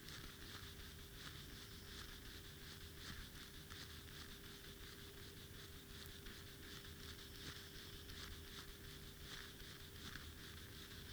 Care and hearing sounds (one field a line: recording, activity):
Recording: daily activity, guitar pickup as the sensor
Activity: brush teeth